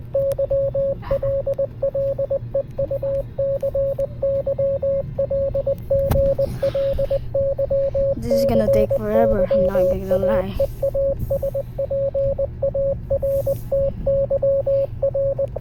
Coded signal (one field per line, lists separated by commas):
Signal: Morse code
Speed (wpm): 20 wpm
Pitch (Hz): 550 Hz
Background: speech, radio noise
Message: YL LEUCYL GLYCYAEASPARTYR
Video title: longest Morse code